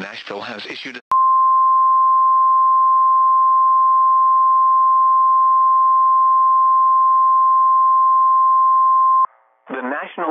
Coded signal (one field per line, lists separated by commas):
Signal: Emergency Alert System (SAME) tones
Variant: 1050 Hz attention tone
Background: speech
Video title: EAS Alerts From 6/29/23 (EAS #1868-1883)